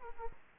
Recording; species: mosquito wingbeat signal from an infrared sensor; Aedes aegypti